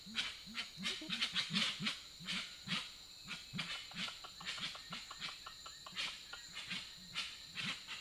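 Grey-winged trumpeter giving a rapid series of low humming hoots, with scratchy high-pitched bursts and a constant high hum behind.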